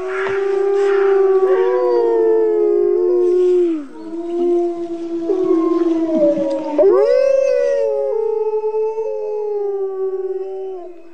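A chorus of wolves howls together, several long, wavering voices overlapping and gliding up and down in pitch, loud and sustained throughout with a brief dip midway, no talking.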